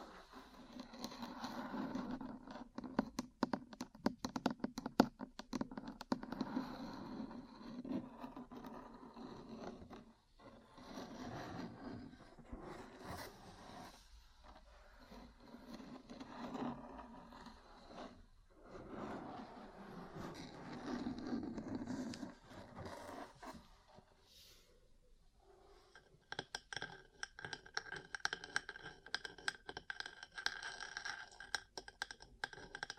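Ear cleaning and massage sounds: soft rubbing and scratching with a low muffled hum, broken by bursts of quick sharp taps, thickest around 3–9 seconds. Brief pauses fall near 10, 18 and 25 seconds, and the last stretch turns to steady, rapid crackly tapping.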